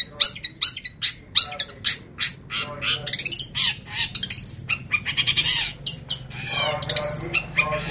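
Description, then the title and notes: Long-tailed shrike giving harsh, grating squawks in quick uneven bursts, some notes clipped and rasping, others longer and buzzy, with a low hum underneath. Training recording used to teach songs to caged birds. "Masteran Burung Cendet"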